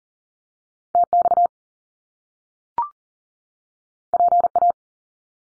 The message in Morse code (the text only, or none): TX PA